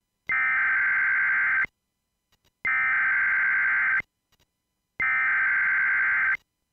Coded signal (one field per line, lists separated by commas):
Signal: Emergency Alert System (SAME) tones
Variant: header bursts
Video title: EAS local area emergency